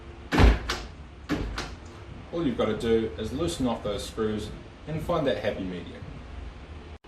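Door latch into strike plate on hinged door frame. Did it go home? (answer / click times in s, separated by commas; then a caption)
no / none. A hinged door is pushed closed against its frame after the strike plate has been set too far back, giving sharp knocks around 0.7 s and 1.6 s as the door meets the frame. The latch tongue does not engage the strike plate, so the door fails to latch and nothing has clicked into place. Someone talks throughout.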